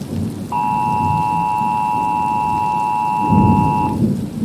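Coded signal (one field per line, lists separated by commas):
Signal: Emergency Alert System (SAME) tones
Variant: 853 and 960 Hz attention tone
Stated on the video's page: Fictional EAS weather scenario with sirens.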